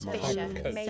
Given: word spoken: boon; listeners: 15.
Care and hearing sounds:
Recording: one English word in noise, from a listening test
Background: four-talker babble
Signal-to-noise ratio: -1.6 dB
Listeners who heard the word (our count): 0 of 15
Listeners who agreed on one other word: 14 of 15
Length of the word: 0.50 s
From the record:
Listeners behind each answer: 14, 1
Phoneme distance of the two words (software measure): 37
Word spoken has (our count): 1 syllable, 3 phonemes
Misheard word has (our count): 2 syllables, 4 phonemes, stress on syllable 1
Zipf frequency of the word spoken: 2.97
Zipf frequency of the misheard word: 3.75

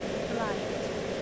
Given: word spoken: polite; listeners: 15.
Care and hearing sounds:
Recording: one English word in noise, from a listening test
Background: speech-shaped noise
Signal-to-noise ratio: -6.3 dB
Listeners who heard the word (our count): 1 of 15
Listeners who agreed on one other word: 7 of 15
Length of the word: 0.82 s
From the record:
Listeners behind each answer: 7, 3, 3, 1, 1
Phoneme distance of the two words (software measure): 17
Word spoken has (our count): 2 syllables, 5 phonemes, stress on syllable 2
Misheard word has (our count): 1 syllable, 4 phonemes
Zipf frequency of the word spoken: 3.89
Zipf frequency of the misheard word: 4.58

